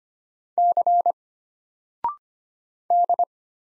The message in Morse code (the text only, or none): C D